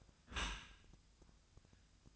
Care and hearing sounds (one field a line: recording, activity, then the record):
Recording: daily activity, microphone in the room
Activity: close dishwasher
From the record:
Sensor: 2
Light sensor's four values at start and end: 6/15/6/6 and 6/15/6/6